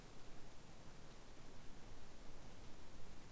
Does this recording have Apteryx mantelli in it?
no